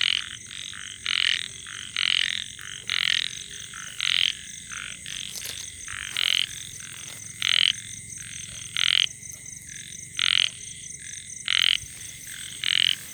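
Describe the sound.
Ornate narrow-mouthed frog calling: short buzzy rasping croaks repeated roughly every second, about eleven in steady series, over a faint constant high insect hum.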